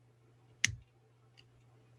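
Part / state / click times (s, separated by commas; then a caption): plastic back cover on a battery-powered sensor / seated / 0.7 s. The plastic back cover of a battery-powered home-monitoring sensor is twisted tight with a coin until it clicks shut at 0.6 s, a sharp bright snap with a low thump right after. A much fainter tick follows at about 1.4 s over a steady low hum. The cover is seated and the sensor is ready.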